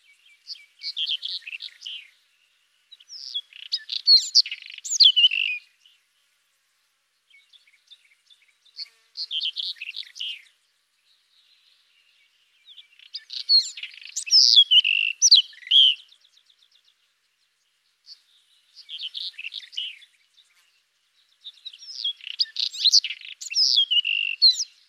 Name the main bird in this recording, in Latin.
Irania gutturalis